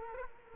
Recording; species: mosquito wingbeat signal from an infrared sensor; Culex quinquefasciatus